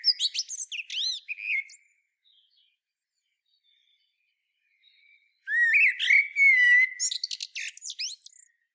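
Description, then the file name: Common blackbird song: squeaky high notes, a pause, then a rich whistled phrase with a sliding flute-like note ending in rapid twittering. "Turdus merula"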